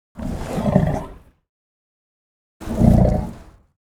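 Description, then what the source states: African elephant drinking sounds: two deep, wet, airy whooshes of about a second each, with a silent pause between them. Drinking; the sound is described as wet and airy.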